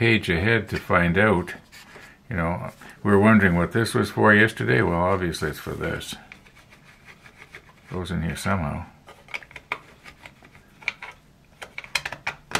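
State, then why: Seated. A plastic decking part of a 1/200 scale model battleship is pressed into its mounting on the plastic hull, and it locks into place. Someone talks at first, then a series of small plastic clicks and rubbing sounds follows, with the part seating at 12.0 s.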